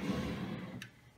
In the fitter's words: we need to rotate the connector until it until it clicks